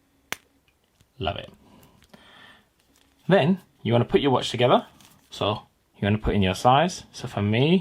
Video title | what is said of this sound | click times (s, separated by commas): Apple Watch Hermes 6 Unboxing! YOU WON'T BELIEVE WHAT'S INSIDE!!! | This actually clips out. Let's see if we can get the clip sound. | 0.3 s